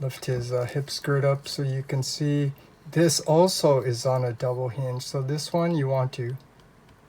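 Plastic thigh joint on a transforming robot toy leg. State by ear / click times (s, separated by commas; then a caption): not seated / none. Someone talks while handling the double-hinged plastic thigh joint on the leg of a NewAge H57 Bombardier Freyr (Dinobot Swoop) transforming robot toy, with the hip skirt lifted during the leg conversion. The thigh has not yet been pushed up and nothing has seated or clicked yet.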